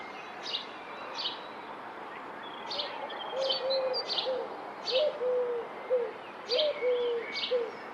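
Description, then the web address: Bird calls: short, low, down-slurred notes repeated in groups, mixed with thin, high chirps over a steady background hiss. "Deverinetal 2025 File origin Bird Only"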